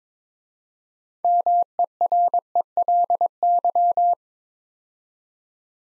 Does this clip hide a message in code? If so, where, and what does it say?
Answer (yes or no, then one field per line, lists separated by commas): yes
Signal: Morse code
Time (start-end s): 1.2-4.1 s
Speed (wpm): 22 wpm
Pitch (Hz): 700 Hz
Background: none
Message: MERELY